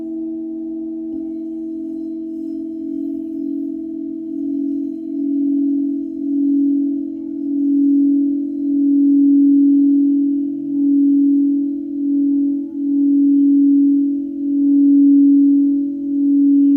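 A singing bowl rings with a steady, low, pure tone that slowly swells and pulses in loudness, growing stronger and wavering throughout.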